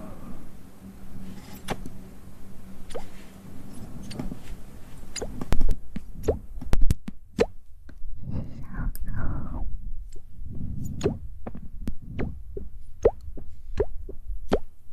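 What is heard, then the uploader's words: Close mouth sounds: wet clicks, pops and smacks scattered throughout, coming faster and sharper after about six seconds. Between the clicks are low, soft, murmuring wet noises, and there is a faint steady hiss in the first few seconds. ASMR Close Mouth Sounds.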